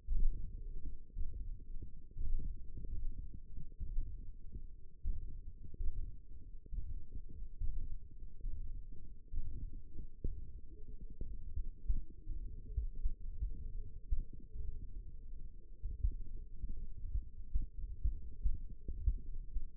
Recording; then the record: forearm muscle sounds (acoustic myography)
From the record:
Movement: hand opening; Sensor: system 1, eight BSWA MPA416 microphones around the upper forearm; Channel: 2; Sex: male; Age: 23 years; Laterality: right